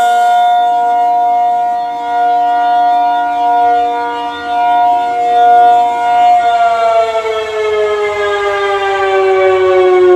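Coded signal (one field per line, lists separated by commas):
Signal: siren signal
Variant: ACA P-50 siren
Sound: loud steady rotating siren wail, rising and fading slightly as it turns, pitch dipping late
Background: outdoors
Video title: REVERSE WIRED ACA P-50 Tornado Siren Test, Alert & Fire, Milwaukee, WI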